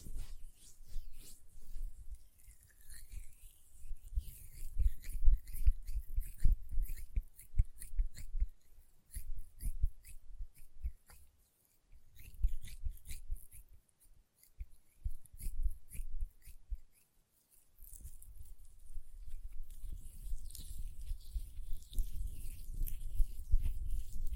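Hand sounds with quick nail taps and clicks in bursts, a soft low rubbing underneath, brief silences near 11 and 17 seconds.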